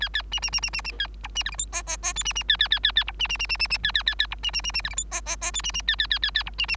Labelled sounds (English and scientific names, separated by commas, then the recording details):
Bengalese Finch (Lonchura striata domestica) song
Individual Bird3